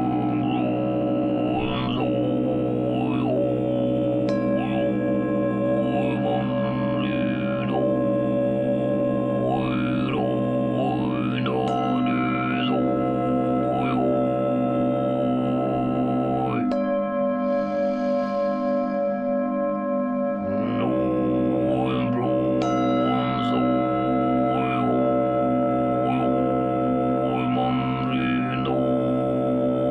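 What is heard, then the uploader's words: Tibetan singing bowls ring in a dense, sustained drone under deep kargyraa-style throat singing, a low rumbling voice whose overtones glide up and down in whistling sweeps. Around the seventeen-second mark the lowest growl drops out for a few seconds, leaving the bright bowl tones before it returns. Relaxing Tibetan Singing Bowls music with some kind of kargyraa-style throat singing. Tibetan Singing Bowls with some Throat singing.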